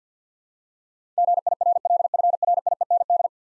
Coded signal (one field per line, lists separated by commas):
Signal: Morse code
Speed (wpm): 52 wpm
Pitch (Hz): 700 Hz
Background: none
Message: GIRLFRIEND